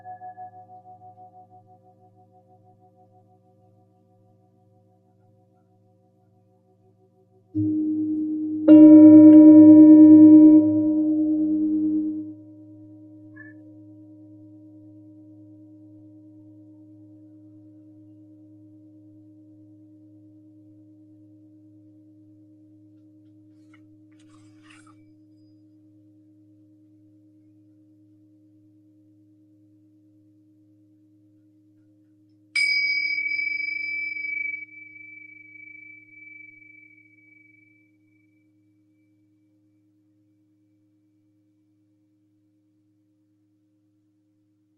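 A singing bowl is struck at about 8 seconds, ringing with a warm, low hum and a brighter shimmer that slowly fades over twenty seconds. The opening seconds carry the tail of an earlier ring, and around 33 seconds a small, high, bell-like ping sounds briefly.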